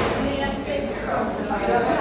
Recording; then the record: background sound without coughing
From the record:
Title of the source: 40 min - Ambience sounds UNIVERSITY lunchroom chatting